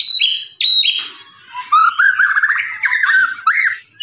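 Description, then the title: Lovebird song: high squeaky notes, then a long run of chattering, warbled trills that rise and fall, with brief pauses between phrases. Long trilling "ngekek" song, used as a master recording for training birds. "FULL DURASI MASTERAN LOVEBIRD NGEKEK PANJANG"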